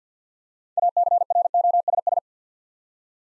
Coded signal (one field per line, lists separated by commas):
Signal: Morse code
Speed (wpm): 53 wpm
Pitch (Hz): 700 Hz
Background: none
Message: ACROSS